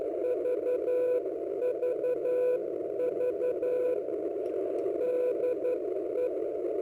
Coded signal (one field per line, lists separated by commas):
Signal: Morse code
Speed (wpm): 12 wpm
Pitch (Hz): 500 Hz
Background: radio noise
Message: VVV DE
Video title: Is it a Beam ? ⚡Far Field Pattern⚡ HF E field Beam Experiment ⚡🙏⚡